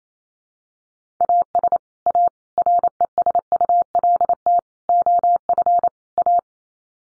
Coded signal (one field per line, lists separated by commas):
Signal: Morse code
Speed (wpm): 28 wpm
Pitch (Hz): 700 Hz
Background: none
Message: AS A RESULT OF A